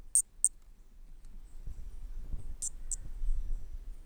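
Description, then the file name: Brachycephalus toadlet giving brief high-pitched notes in close pairs, two pairs a few seconds apart, with a soft low background rumble. Unidentified Brachycephalus species, individual 6, example 1, recorded 10–50 cm away at Corcovado on 18 December 2017; four notes noted as lost. "MHNCI Brachy sp ind 6 ex 1 4 notas perdidas 10-50 cm Corcovado 18 dez 2017 MRB"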